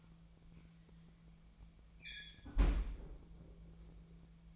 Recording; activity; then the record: daily activity, microphone in the room; close fridge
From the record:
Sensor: 1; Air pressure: 1009.7 hPa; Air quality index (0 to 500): 191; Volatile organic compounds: 18 ppm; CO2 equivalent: 2618 ppm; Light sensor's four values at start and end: 33/84/35/42 and 33/83/35/42